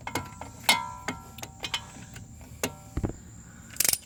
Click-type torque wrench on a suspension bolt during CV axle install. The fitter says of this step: we're just going to keep tightening until it clicks.